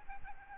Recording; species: mosquito wingbeat signal from an infrared sensor; Aedes albopictus